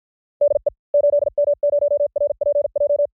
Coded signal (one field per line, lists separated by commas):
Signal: Morse code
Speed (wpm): 50 wpm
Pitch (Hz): 580 Hz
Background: none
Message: DE 8M0RPJ